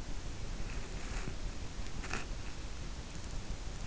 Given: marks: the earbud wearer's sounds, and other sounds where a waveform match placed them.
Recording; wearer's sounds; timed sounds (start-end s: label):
sounds in sleep by an in-ear microphone; breath
0.51-2.24 s: breath